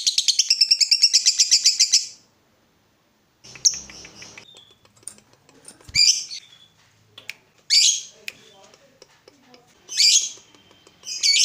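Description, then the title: Yellow-vented bulbul starting with a fast, even two-second trill, then a pause, faint rustling, and several separate sharp chirpy bursts spaced a couple of seconds apart. Used as a bird lure. "PIKAT TRUCUKAN"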